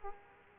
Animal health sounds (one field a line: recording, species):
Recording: mosquito wingbeat signal from an infrared sensor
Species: Aedes aegypti